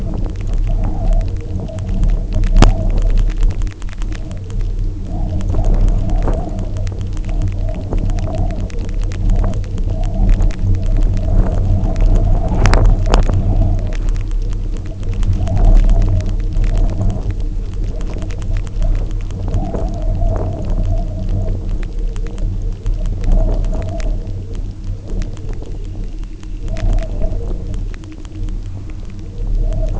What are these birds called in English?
none